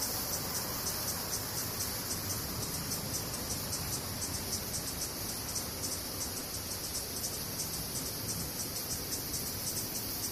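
Cicadas drone without a break, a dense, high-pitched buzz that pulses in a quick, regular rhythm throughout. Underneath runs a steady low rumble, and the overall loudness stays even from start to finish.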